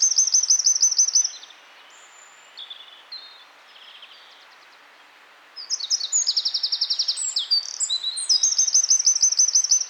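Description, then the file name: Eurasian wren singing: a high trill ends one phrase, a few soft notes fill a quiet gap, then a long loud phrase of rapid trills resumes. "Troglodytes troglodytes"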